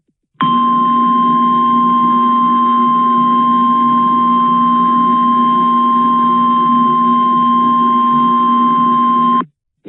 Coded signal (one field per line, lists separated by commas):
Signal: Emergency Alert System (SAME) tones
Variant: 1050 Hz attention tone